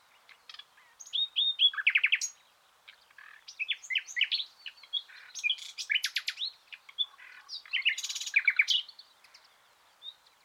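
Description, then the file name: Common nightingale song in separate bursts of sharp notes, whistles and short rattles, each phrase different, with silent gaps between. "Luscinia megarhynchos"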